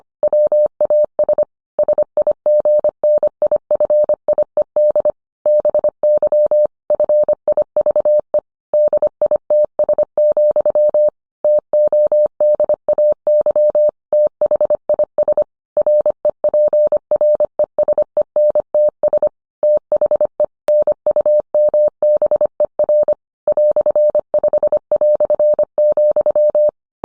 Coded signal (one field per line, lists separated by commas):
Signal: Morse code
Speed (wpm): 25 wpm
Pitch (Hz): 600 Hz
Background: none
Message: WAS SIGNIFIED BY FIVE DITS, TODAY THIS REPRESENTS THE NUMBER "5",